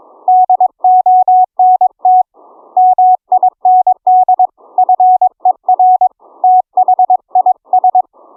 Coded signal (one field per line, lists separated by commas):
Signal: Morse code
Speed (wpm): 22 wpm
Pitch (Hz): 740 Hz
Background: none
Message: DONT MIND FER THIS